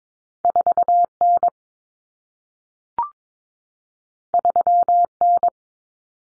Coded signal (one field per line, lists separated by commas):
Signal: Morse code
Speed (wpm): 22 wpm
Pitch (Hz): 700 Hz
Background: none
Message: 4N 3N